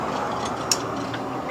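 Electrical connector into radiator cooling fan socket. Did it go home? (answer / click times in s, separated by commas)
yes / 0.7 s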